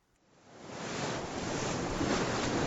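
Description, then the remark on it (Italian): Sea waves rush in as a broad, steady wash of noise, swelling from quiet over the first second and then holding a loud, even roar with no voices. “Ragazzi, ciao, ciao a tutti, vi salutiamo con l'eco, il riverbero e cose del mare.”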